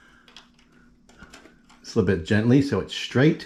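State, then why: Not seated. A memory card is held face down with its prongs up and lined up straight at the front card slot, next to the USB-C port, of a Creality Ender 3 S1 3D printer before being pushed in. Faint, quiet handling taps come through in the first 1.9 seconds, then someone talks. Nothing has seated or clicked yet.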